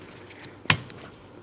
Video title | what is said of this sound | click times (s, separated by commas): How to Replace Front Wiper Blade Set 2003-2007 Cadillac CTS | We're listening for an audible click. | 0.7 s